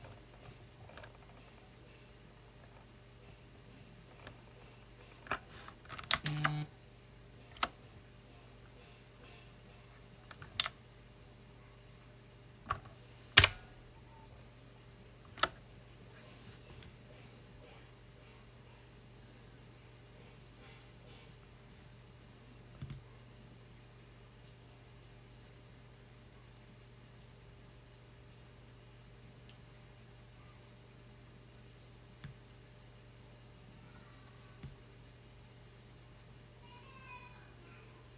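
Scattered sharp clicks from a loud mechanical keyboard, close up: a short cluster around six seconds, then single keystrokes every few seconds until about fifteen seconds, and only a few more later. A steady low hum runs underneath throughout.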